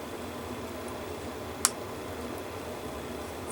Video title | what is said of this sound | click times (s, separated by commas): Full Build of the Bandai Star Wars Darth Vader Kit | snapped right in. | 1.6 s